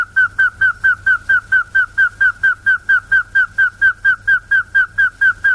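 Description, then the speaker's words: Rail long call of evenly spaced, slightly slurred whistles, just over two per second, clear and regular. South American rail calling after warming up; belongs to a group known for long calls. "それでは南米のクイナはどうでしょう。ウォーミングアップをして鳴いております。"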